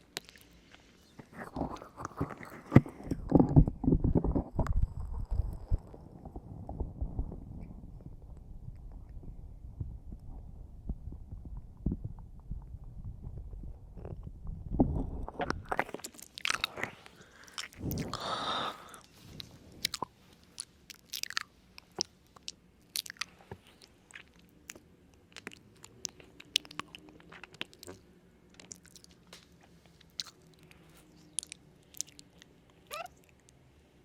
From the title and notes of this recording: ASMR Halloween Ear Noms.